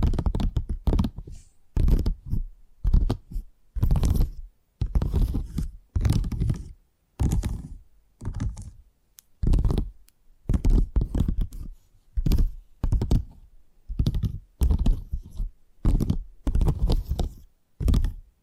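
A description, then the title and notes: Tapping triggers in short repeated bursts, roughly one each second, each a dense low-heavy patter of taps with brief silences between. ASMR 10 Addictive Tapping Triggers. (No Talking).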